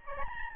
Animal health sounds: mosquito wingbeat signal from an infrared sensor; Aedes albopictus

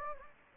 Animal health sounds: mosquito wingbeat signal from an infrared sensor; Anopheles gambiae

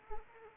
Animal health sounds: mosquito wingbeat signal from an infrared sensor; Anopheles arabiensis

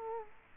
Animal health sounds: mosquito wingbeat signal from an infrared sensor; Culex quinquefasciatus

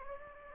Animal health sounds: mosquito wingbeat signal from an infrared sensor; Anopheles gambiae

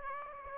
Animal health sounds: mosquito wingbeat signal from an infrared sensor; Aedes aegypti

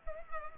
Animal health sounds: mosquito wingbeat signal from an infrared sensor; Culex pipiens

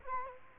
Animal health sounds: mosquito wingbeat signal from an infrared sensor; Culex quinquefasciatus

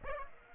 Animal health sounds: mosquito wingbeat signal from an infrared sensor; Aedes aegypti

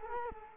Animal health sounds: mosquito wingbeat signal from an infrared sensor; Culex quinquefasciatus

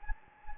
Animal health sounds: mosquito wingbeat signal from an infrared sensor; Anopheles gambiae

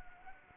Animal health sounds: mosquito wingbeat signal from an infrared sensor; Anopheles arabiensis

